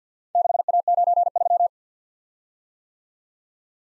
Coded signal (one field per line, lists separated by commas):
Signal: Morse code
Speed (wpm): 51 wpm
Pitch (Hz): 700 Hz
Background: none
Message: 6A93